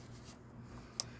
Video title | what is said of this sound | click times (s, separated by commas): Why This Bubble Blower is Soo Much Fun at Night & Easy To Use | and it's going to snap right in. | 1.0 s